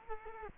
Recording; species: mosquito wingbeat signal from an infrared sensor; Culex quinquefasciatus